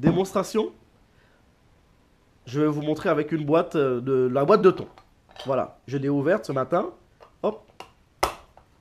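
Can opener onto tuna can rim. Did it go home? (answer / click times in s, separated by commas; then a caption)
yes / 8.2 s. A can opener is pressed onto the rim of a metal tuna can while someone talks, and it snaps on with a sharp click at 8.2 s. Fainter ticks come just before and after. The opener is clipped on and the can is hooked.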